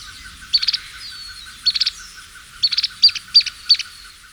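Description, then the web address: White-throated tyrannulet calls: short clusters of sharp, high chips, at first about once a second, then coming closer together toward the end. Recorded in Ecuador. "Birds of Ecuador 2. White-Throated Tyrannulet"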